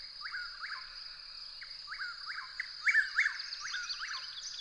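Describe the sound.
Bird chirping in quick falling notes, joined midway by higher, thinner twitters from a second caller, above a continuous high whine.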